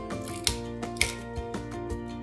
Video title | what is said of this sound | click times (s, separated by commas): SC/ST/FC One-Click Fiber Optic Cleaner Guide - FS | the cleaner until you hear an audible click the | 0.5 s, 1.0 s